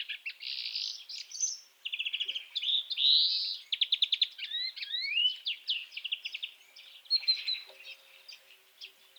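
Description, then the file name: European greenfinch singing a fast, varied twittering medley, mixing buzzy trills, sliding chirps and a nasal wheeze, with scarcely a pause throughout. "Chloris chloris"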